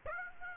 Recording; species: mosquito wingbeat signal from an infrared sensor; Aedes aegypti